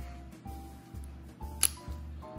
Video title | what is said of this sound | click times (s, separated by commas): HOW TO INSTALL RAM IN A DELL INSPIRON 15 5000 (MODEL 5502),11th GEN i7 -- RAM UPGRADE FROM 8G to 32G | go snap into place okay | 1.6 s